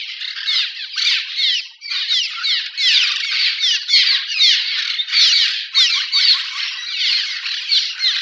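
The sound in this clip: Cliff swallows calling together, a continuous squeaky chattering chorus of rapid rasping notes that swells in short waves without pause.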